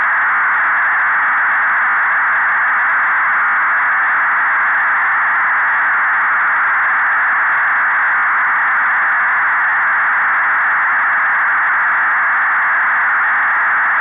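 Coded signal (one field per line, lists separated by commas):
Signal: fast PSK data mode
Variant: 8PSK1000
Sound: continuous smooth hiss-like rushing data tone across the mid band, unchanging throughout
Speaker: ik heb dat nu in 8psk duizend achter de twee afbeeldingen geknoopt nou dat is nog aardig gelukt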